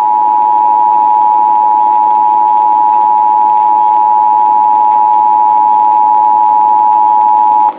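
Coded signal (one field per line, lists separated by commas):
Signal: Emergency Alert System (SAME) tones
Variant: 853 and 960 Hz attention tone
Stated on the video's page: National Periodic Test relayed through a Trilithic EASy Plus with built-in character generator, rebroadcast only to a dummy internal IP address.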